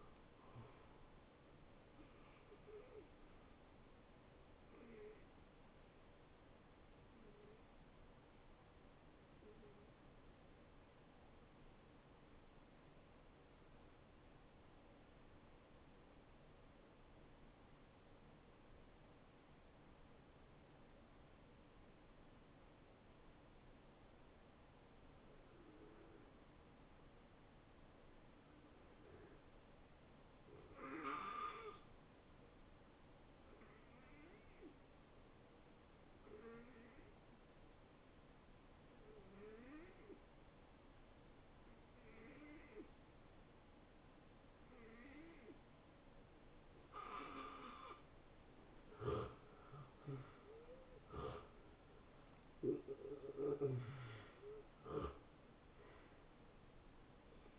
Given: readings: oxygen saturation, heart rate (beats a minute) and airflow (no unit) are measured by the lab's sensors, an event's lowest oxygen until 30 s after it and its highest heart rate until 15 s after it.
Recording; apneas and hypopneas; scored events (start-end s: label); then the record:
breathing in sleep by a voice recorder at the bedside; 1
5.00-35.00 s: new sleep stage, N1 (lightest sleep)
11.00-49.00 s: hypopnea (N1, oxygen 94% highest, then 79% lowest, heart rate 75 at the start, 86 highest)
35.00-57.59 s: new sleep stage, N2 (light sleep)
From the record:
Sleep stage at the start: N2 (light sleep); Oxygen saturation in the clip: 77 to 94%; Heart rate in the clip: 70 to 84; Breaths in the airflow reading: 10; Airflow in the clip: -21.3 to 11.8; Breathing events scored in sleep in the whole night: 263 in 5.5 hours asleep